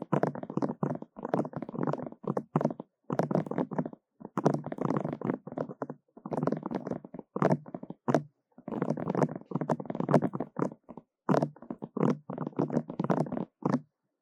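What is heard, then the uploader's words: Fast tapping comes in quick bursts of closely spaced hits, each run lasting about a second before a short gap, repeating across the whole stretch. The taps are soft and muffled, mostly low-to-mid in tone with a slight crisp edge, and silence between bursts. 快速耳朵敲擊 | EAR Fast Tapping for Tingles | NoTalking.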